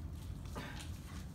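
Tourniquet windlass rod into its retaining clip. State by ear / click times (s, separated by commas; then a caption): not seated / none. A tourniquet tightened on a person's own leg is handled as its windlass rod is pushed toward its retaining clip, giving soft rustling with a brief scuffing bump around 0.5 seconds. The windlass has not locked into the clip yet, and nothing has seated or clicked.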